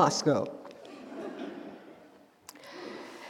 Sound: laughter